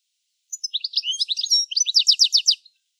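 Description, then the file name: European goldfinch twittering: a quick run of bright, tinkling high notes that ends in a fast, repeated series of chirps. "Carduelis carduelis"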